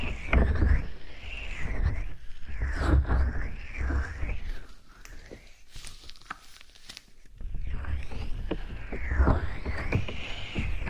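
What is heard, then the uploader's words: Dry mouth sounds: wet clicks, smacks and breathy shifts, with rolling low thumps and sliding tones as the mouth and tongue move. Dense activity fills the first four seconds and again after about eight, while the middle stretch is quieter, with sparse sharp ticks and pops. Mouth Sounds.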